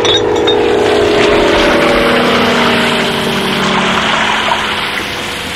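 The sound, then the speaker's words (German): A firefighting plane's engine drones loudly and steadily as it drops water bombs on a fire, a broad rush of falling, spraying water pouring through the whole stretch, with no voices. “Passt auf, das Löschflugzeug wirft Wasserbomben.”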